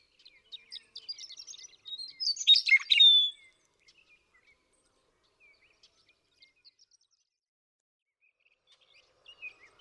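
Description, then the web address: Western meadowlark song: a brief, bright burst of gurgled, whistled notes, preceded by soft twittering, then mostly quiet with scattered faint chirps. "birdsongforthecurious Western Meadowlark"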